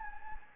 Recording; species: mosquito wingbeat signal from an infrared sensor; Anopheles gambiae